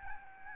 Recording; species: mosquito wingbeat signal from an infrared sensor; Aedes albopictus